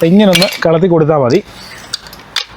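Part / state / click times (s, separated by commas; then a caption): telescopic ladder rung section into its self-locking side latch / seated / 1.9 s, 2.4 s. An aluminium telescopic ladder section is pulled up so its rung section snaps into the self-locking side latch, locking automatically. Someone talks until about 1.4 s, then sharp metallic clicks ring out at 1.9 s and 2.4 s as the section locks into place.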